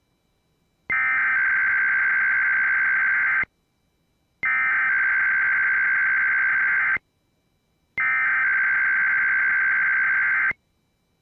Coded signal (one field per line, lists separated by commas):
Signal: Emergency Alert System (SAME) tones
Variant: header bursts